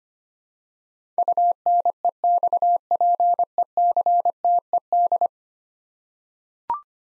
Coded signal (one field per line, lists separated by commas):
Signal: Morse code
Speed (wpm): 25 wpm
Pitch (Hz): 700 Hz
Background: none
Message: UNEXPECTED